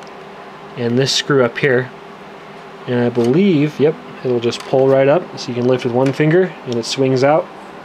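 Someone talks while the hinged hard drive cage of an SGI Fuel workstation, freed by removing its screws, is pulled up with one finger and swings out, with a steady low hum underneath. The detent latch meant to hold the cage open has not clicked yet, and nothing has seated.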